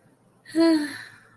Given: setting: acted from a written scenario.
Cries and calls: vocal sound without words; serenity

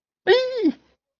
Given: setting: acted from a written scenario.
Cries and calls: vocal sound without words; fear

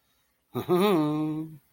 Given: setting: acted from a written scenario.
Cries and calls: vocal sound without words; embarrassment

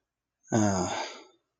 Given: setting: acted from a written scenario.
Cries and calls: vocal sound without words; sadness

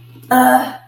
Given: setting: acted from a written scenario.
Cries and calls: vocal sound without words; anger

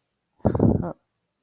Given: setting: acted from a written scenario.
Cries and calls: vocal sound without words; neutral

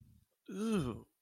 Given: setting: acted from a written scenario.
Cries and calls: vocal sound without words; disgust

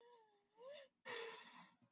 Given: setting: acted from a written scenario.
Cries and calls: vocal sound without words; distress

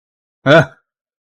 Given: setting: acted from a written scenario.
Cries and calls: vocal sound without words; negative surprise

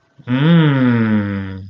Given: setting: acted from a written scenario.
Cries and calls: vocal sound without words; romantic love

